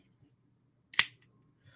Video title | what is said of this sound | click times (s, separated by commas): You can believe. Its real #Mammoths #UFOS and #Ghosts | you hear that click | 0.9 s, 1.0 s